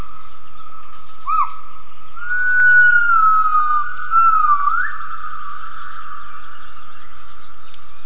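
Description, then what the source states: Gibbon call: a clear whistled note that holds steady, dips slightly, then swoops upward, over a constant high insect-like drone. Recorded for acoustic triangulation of gibbon vocalizations.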